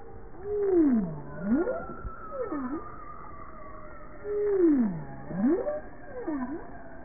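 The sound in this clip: Bowhead whale calls in two matching phrases: a long descending-then-rising moan followed by a brief dipping note, with faint higher tonal sounds in the background.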